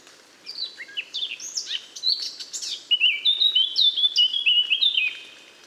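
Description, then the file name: Eurasian blackcap song: a scratchy, hurried warble opening that breaks into a loud series of clear, fluting whistles. "Sylvia atricapilla"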